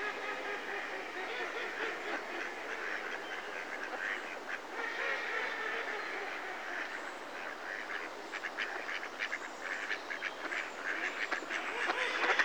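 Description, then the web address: Mallards in a steady, busy chorus of overlapping quacks and raspy calls, the babble rising slightly in intensity near the end. Close-up. "BBC Sound Effects Library. Mallard (Anas Platyrhynchos)"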